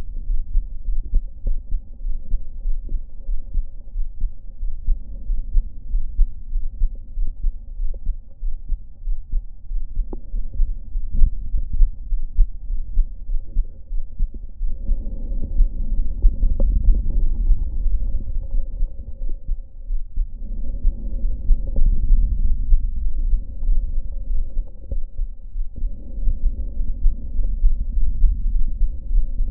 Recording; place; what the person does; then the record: lung sounds by stethoscope; right anterior apical chest; quiet breathing, then deep breathing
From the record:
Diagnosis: none (healthy); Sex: male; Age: 23 years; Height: 185 cm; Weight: 93 kg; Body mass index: 27.2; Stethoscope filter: diaphragm mode